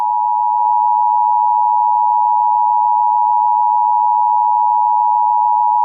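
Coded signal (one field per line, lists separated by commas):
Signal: Emergency Alert System (SAME) tones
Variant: 853 and 960 Hz attention tone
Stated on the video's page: Mock Emergency Alert System alert for a Halloween scenario, containing valid SAME tones.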